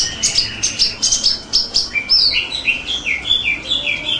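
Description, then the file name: Blue-crowned hanging parrot giving rapid, high, thin chirps, repeated several times per second, dropping to lower, slurred notes in the second half. "burung serindit"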